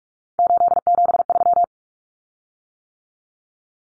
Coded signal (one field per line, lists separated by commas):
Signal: Morse code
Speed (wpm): 44 wpm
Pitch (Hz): 700 Hz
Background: none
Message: 873